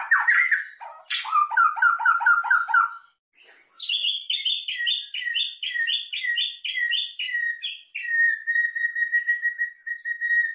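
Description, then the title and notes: White-eye song of rapid, evenly repeated chipping notes in long trills, shifting to higher series and then a steady string of lower whistled notes. Masteran training recording of a pleci white-eye singing mimicry of canary, bren cicada and ciblek prinia songs; used as a bird-luring sound. "Masteran Pleci Nembak Kenari Bren Ciblek. Suara Pikat Burung Pilihan"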